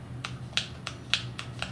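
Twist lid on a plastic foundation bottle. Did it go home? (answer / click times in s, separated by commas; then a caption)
yes / 0.2 s, 0.6 s, 0.9 s, 1.1 s, 1.4 s, 1.6 s. A hard plastic twist lid on a one-fluid-ounce BareMinerals BareSkin foundation bottle is turned closed, giving six short, sharp clicks in a row at 0.2, 0.6, 0.9, 1.1, 1.4 and 1.6 seconds over a low steady hum. The clicks show the lid is fully shut.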